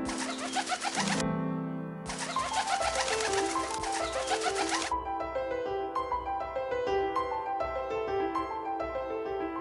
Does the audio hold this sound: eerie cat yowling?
no